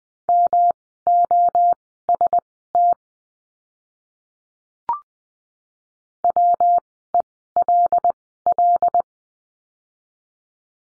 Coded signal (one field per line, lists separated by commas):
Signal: Morse code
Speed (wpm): 20 wpm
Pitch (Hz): 700 Hz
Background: none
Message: MOST WELL